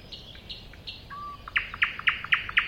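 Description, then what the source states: Thrush nightingale song, soft high piping notes, a low pure whistle, then a loud run of rich repeated chock notes. Recorded at a woodland edge next to a lake.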